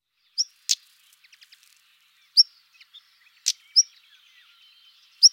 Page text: Tarier pâtre